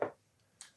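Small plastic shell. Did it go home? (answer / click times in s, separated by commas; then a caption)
yes / 0.0 s, 0.6 s. Two plastic halves of a 1999–2001 Volkswagen Golf key fob shell, with a new coin battery inside, are squeezed together. Two short, sharp snaps are heard at 0.0 s and 0.6 s. The first is a lower, fuller hit and the second is a brighter, high-pitched click, and the shell halves are seated together.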